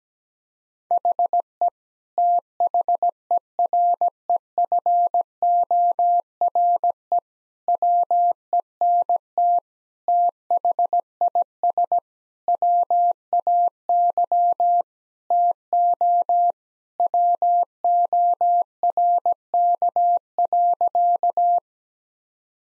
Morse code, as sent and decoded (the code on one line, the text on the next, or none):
.... . / - .... . .-. . ..-. --- .-. . / .-- . -. - / - .... .. ... / .-- .- -.-- / - --- / .-- --- .-. -.- .-.-.-
HE THEREFORE WENT THIS WAY TO WORK.